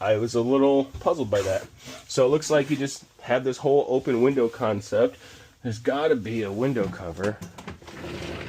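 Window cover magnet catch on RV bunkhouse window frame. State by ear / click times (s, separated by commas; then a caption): not seated / none. Someone talks while handling the hinged window cover with its heavy screwed-on magnet catch in the bunkhouse of a 2026 SportTrek 343VBH RV. The cover has not yet been closed against the window frame, so nothing has snapped shut or seated.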